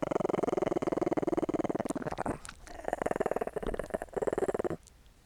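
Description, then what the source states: Dog giving a fast, pulsing growl in steady throbbing bursts, interrupted briefly before resuming, then falling quiet. A small dog growling and licking.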